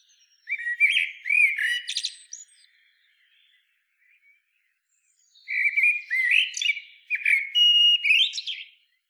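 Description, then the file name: Common blackbird delivering two long warbling phrases of flute-like whistles tangled with shrill twittering, a quiet gap between them. "Turdus merula"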